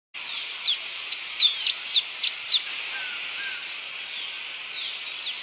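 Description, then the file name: Blue-and-yellow Tanager song: a quick run of high, thin, downslurred notes lasting about two seconds, then a few more notes near the end. "Canto do sanhacu papa laranja"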